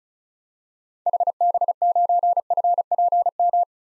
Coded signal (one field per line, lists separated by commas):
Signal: Morse code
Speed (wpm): 36 wpm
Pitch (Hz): 700 Hz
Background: none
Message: HB9FPM